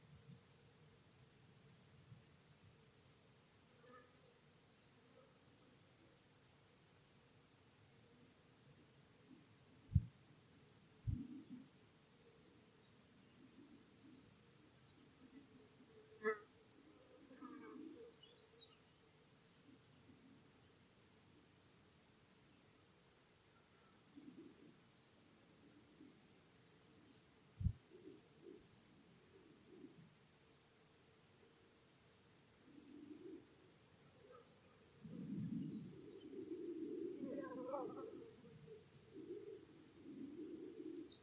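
Corn bunting, little bustard and bee-eater calls come through as faint, scattered chirps and short bursts against a low, steady rumble. A few sharp clicks land around 10, 16 and 28 seconds, and louder low calls build near the end.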